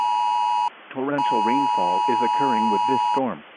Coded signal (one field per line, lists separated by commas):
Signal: Emergency Alert System (SAME) tones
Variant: 853 and 960 Hz attention tone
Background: speech